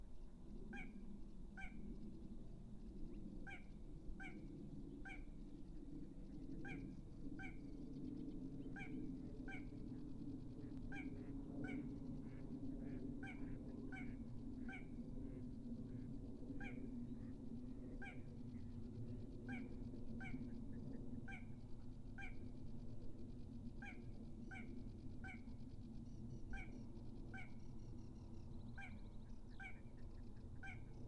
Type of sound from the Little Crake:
song